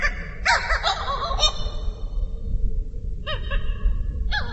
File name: Uau Hawaiian Petrel